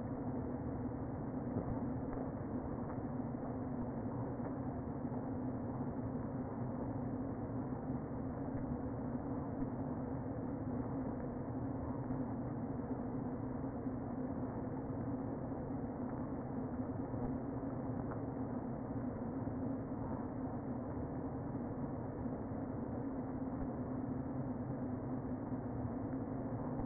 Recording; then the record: honeybee colony, microphone inside the hive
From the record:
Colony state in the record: queen present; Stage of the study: before two queens were removed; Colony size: about 60,000 bees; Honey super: yes